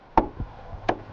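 On a Peugeot RCZ HDi diesel, the plastic front cover of the cabin (pollen) filter housing is pushed onto the housing after the new filter is fitted. Two sharp plastic clips snap home one after the other, at 0.2 s and 0.9 s, and the cover is seated.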